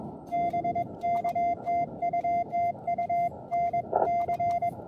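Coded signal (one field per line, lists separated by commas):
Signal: Morse code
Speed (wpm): 22 wpm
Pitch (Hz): 690 Hz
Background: none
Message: B K TU TU NC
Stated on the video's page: Park activation using an Elecraft K1, CW Morse TSL1 single-lever paddle, battery power, and a CHA LEFS 4010 antenna at a state park.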